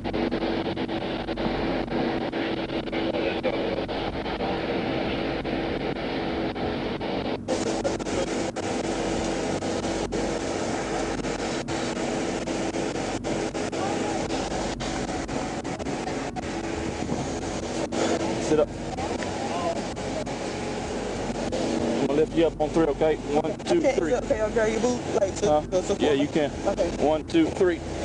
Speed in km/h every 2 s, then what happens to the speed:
0, 0, 0, 0, 0, 0, 0, 0, 0, 0, 0, 0, 0, 0.
0-28 standing.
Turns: none.